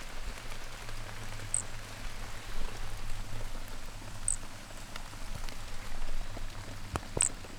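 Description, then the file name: Pumpkin toadlet: a few brief, high-pitched chirps, with dense rainfall drumming throughout. Brachycephalus species, individual 3, Trilha do Corisco, 12 December 2017; microphone floated; MHNCI collection. "MHNCI Brachycephalus sp Trilha do Corisco ind 3 microfone flutuou 12 dez 2017"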